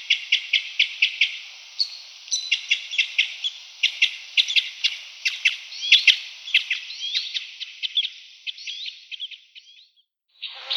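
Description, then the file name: Two-barred crossbill calls: a long series of short, sharp chips, some in quick pairs, becoming fainter near the end. "bandelkorsnabb"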